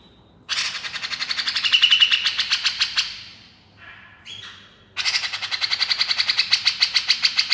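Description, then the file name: Grey-cheeked Bulbul giving two bursts of fast, harsh, pulsing chatter, separated by a pause with a few softer sliding whistles. Female bird. "suara cucak jenggot betina"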